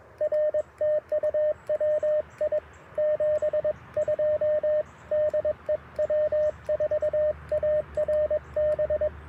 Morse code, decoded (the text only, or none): R TU WI 72 DE W4ARB